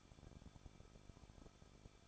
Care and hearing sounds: daily activity, microphone in the room; no activity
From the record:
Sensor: 5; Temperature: 20.7 degrees Celsius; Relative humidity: 38.6%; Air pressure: 1006.5 hPa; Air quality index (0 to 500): 191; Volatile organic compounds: 20 ppm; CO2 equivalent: 2701 ppm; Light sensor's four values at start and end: 2/3/1/1 and 2/3/1/1

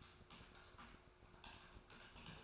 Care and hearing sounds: daily activity, microphone in the room; typing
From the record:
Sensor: 2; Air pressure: 1004.3 hPa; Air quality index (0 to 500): 188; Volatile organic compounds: 10 ppm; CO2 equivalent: 2250 ppm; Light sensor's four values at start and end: 4/11/4/4 and 4/11/4/4

